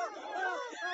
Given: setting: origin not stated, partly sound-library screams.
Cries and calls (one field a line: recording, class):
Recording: one-second piece from a danger detection set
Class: woman in danger